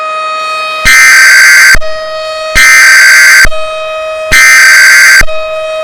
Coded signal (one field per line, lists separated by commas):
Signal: Emergency Alert System (SAME) tones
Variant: header bursts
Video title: EAS Scenario: The Battle Royale of the Greek Gods